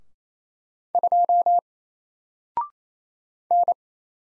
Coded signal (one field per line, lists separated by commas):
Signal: Morse code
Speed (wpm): 27 wpm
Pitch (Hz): 700 Hz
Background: none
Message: 2 N